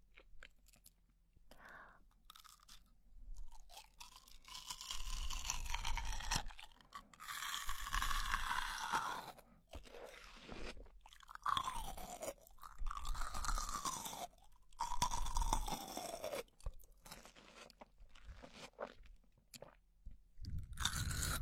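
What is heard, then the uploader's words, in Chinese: Someone bites into a juicy watermelon and chews. Wet, crisp crunches and slurpy squelches come in bursts of a second or two, with short quiet pauses between them, and a final loud bite near the end. 咬一口 水水润润的大西瓜。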